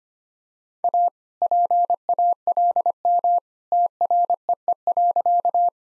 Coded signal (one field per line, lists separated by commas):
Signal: Morse code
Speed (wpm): 25 wpm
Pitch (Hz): 700 Hz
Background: none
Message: A PALM TREE.